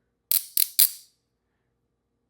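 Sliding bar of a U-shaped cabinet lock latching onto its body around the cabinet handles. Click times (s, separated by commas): 0.3 s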